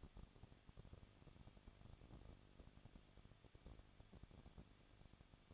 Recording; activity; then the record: daily activity, microphone in the room; no activity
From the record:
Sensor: 4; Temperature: 23.1 degrees Celsius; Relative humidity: 33.9%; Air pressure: 1007.2 hPa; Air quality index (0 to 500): 215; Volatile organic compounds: 15 ppm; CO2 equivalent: 2485 ppm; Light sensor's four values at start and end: 2/3/1/1 and 2/3/1/1